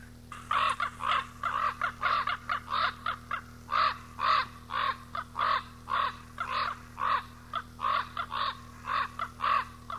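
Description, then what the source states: Common raven calls: a long series of short, hoarse croaking notes, roughly two per second, uneven in rhythm, with a steady low hum underneath. Recorded 18 April 1994.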